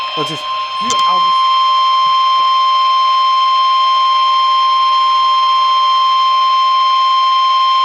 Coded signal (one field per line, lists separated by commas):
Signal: Emergency Alert System (SAME) tones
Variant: 1050 Hz attention tone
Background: speech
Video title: HERE WE FREAKING GO... EAS Alerts From 5/16/25 (EAS#3,653 - #3,677)